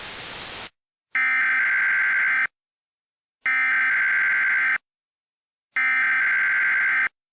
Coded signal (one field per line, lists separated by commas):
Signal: Emergency Alert System (SAME) tones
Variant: header bursts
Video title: EAS Mock 10: Visibility Zero